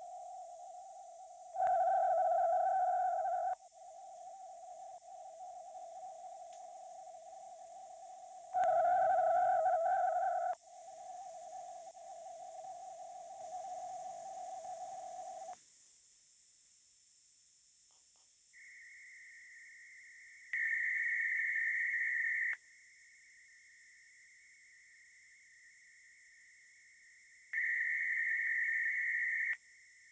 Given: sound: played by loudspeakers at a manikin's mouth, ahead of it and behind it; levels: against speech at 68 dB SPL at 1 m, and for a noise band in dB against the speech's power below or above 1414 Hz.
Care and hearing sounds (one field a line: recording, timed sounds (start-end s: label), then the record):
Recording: test signals for a remote microphone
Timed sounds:
0.00-1.53 s: noise band at 707 Hz, -13 dB
1.53-3.53 s: noise band at 707 Hz, +22 dB
3.53-8.53 s: noise band at 707 Hz, -13 dB
8.53-10.53 s: noise band at 707 Hz, +22 dB
10.53-15.53 s: noise band at 707 Hz, -13 dB
18.53-20.53 s: noise band at 2000 Hz, -13 dB
20.53-22.53 s: noise band at 2000 Hz, +22 dB
22.53-27.53 s: noise band at 2000 Hz, -13 dB
27.53-29.53 s: noise band at 2000 Hz, +22 dB
29.53-30.12 s: noise band at 2000 Hz, -13 dB
From the record:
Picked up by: remote microphone D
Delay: 24 ms